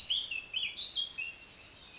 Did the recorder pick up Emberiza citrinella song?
no